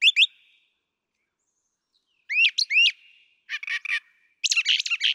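Brown thrasher song with paired up-slurred whistled notes, then scratchy chattering bursts and a harsh rapid jumble, with brief quiet gaps between phrases.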